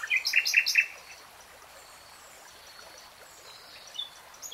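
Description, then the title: Nightingale song: a quick burst of three or four bright repeated notes, then a long quiet stretch of steady background hiss with faint chirps. Nightingale singing, real-time recording. "[Tiếng chim hót] REALTIME Nightingale Singing"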